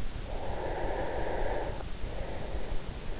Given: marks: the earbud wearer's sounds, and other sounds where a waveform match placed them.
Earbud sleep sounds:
sounds in sleep by an in-ear microphone; breath
0.15-3.07 s: breath

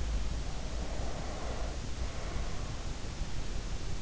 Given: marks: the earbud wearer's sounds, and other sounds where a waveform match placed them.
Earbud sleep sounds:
sounds in sleep by an in-ear microphone; breath
0.10-3.09 s: breath

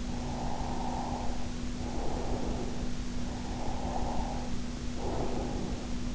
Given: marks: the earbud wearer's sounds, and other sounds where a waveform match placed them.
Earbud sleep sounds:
sounds in sleep by an in-ear microphone; breath
0.29-3.03 s: breath
3.26-6.12 s: breath

